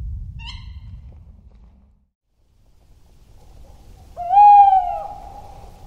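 Tawny owl hoot: a brief faint note near the start, then one strong steady hoot toward the end, over a low rumble.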